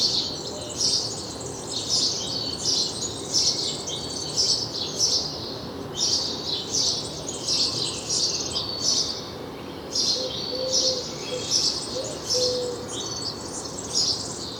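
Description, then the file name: House sparrow calls as dense, almost continuous chirping, bright and slightly harsh, with barely a pause throughout. "Passer domesticus"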